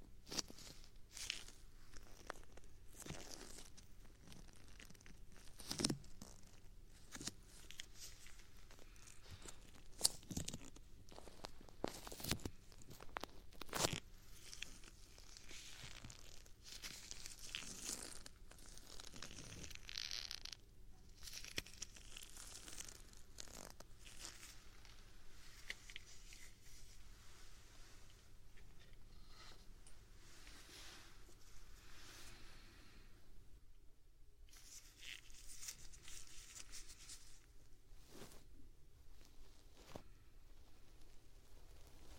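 Ear-cleaning ASMR with a feather stick and ear pick: sharp scratchy clicks early, then steady soft rustling brushing, pausing briefly near 34 seconds.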